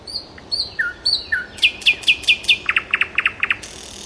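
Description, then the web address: Nightingale song: slow piping whistles, then a run of loud chock notes and a quicker series of rattling clicks. "soud solovejj"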